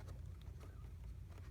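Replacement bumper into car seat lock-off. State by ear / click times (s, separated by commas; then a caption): not seated / none. A new plastic replacement bumper is lined up in the hole of a car seat's forward-facing lock-off and twisted while being pushed. Only a steady low rumble is heard, with a few faint, brief ticks near 0.4, 1.4 and 1.5 seconds. Nothing has seated or snapped into place yet.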